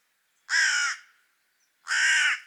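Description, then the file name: Carrion crow giving two harsh, hoarse caws about one and a half seconds apart, each roughly half a second long, with silence between. "Corvus corone"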